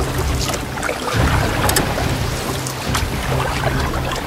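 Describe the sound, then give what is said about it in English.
A boat being paddled quickly through water toward the shore, with a steady wash of moving water, a low rumble, and occasional splashy strokes breaking through every second or so. No one speaks. “Quick, paddle to the shore, fast!”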